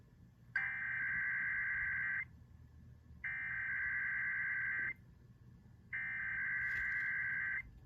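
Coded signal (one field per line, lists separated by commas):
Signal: Emergency Alert System (SAME) tones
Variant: header bursts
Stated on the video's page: Required Weekly Tests received off FM broadcast stations at 103.7 MHz and 105.3 MHz.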